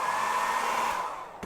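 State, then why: Not seated. A hair dryer warms the torso socket of a custom action figure before it is pushed onto the plastic ball joint of the figure's legs and waist section. The dryer's steady broadband roar fills most of the clip and fades after about 1.0 s, with a brief sharp knock at 1.4 s. Nothing has seated or clicked yet.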